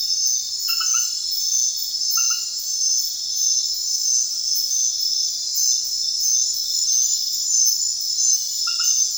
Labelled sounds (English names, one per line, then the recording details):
none
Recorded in secondary vegetation near Puerto Asís, Putumayo, Colombia, on 29 June 2025 at 22:30
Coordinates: 0.498, -76.327
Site GP09